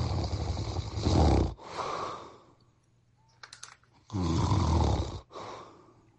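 Loud, coarse adult snoring with a brief quiet gap between bursts, a pattern of obstructive sleep apnea.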